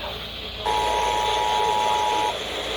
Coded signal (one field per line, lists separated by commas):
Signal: Emergency Alert System (SAME) tones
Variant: 853 and 960 Hz attention tone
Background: speech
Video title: RING OF FIRE - EAS Alerts from 07/05/2022 (EAS #582-619)